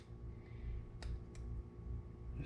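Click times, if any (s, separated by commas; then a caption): 1.0 s. A freshly crimped wire terminal on the main fuse-holder wiring, for a Motogadget Mo-unit install on a classic Honda, is turned the right way, pushed into the fuse holder's connector housing, then pulled back slightly until it locks. A sharp click at 1.0 s marks the terminal seating in the housing, followed by a fainter tick at about 1.4 s over a low steady hum.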